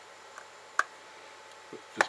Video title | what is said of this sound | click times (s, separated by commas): ATHEARN'S UNION PACIFIC GAS TURBINE TO DCC SOUND | you heard that thing settle down snap in place again | 0.8 s, 2.0 s